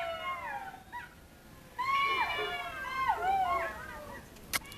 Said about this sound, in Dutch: Dit waren de huilende jakhalzen van Petrovdol.